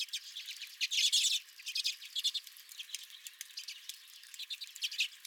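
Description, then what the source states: Redpolls chirp in quick, uneven runs, with one loud buzzy burst about a second in and softer chatter after. Several redpolls at the recordist's own feeder.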